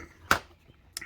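A cordless drill, its clutch (brake) set to get past the thread locker, drives a trailer hitch mounting bolt into the frame of a 2023 Model 3. The clutch clicks sharply at about 0.3 s and again at 1.0 s as the bolt bottoms out at the set torque, leaving the bolt tight.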